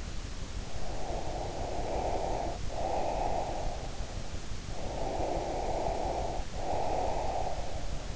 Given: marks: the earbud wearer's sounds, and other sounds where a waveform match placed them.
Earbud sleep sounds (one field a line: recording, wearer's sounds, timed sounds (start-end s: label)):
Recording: sounds in sleep by an in-ear microphone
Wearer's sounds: breath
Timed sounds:
0.75-4.13 s: breath
4.65-8.16 s: breath